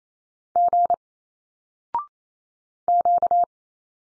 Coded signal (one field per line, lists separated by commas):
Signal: Morse code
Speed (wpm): 28 wpm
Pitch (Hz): 700 Hz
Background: none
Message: G Q